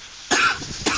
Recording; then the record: coughing mixed with background sound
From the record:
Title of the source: 64 coughing, allergies, singing lungs